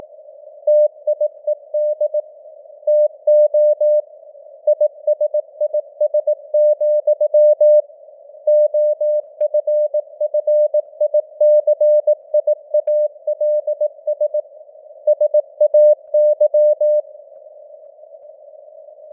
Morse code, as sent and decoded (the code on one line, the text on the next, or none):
- .. . -.. / - --- / .. ... .. ... --..-- / --- ..-. ..-. .. -.-. .. .- .-.. ... / ... .- -.--
TIED TO ISIS, OFFICIALS SAY